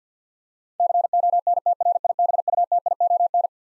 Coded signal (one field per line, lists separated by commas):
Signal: Morse code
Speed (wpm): 50 wpm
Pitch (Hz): 700 Hz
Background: none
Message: CONTRIBUTION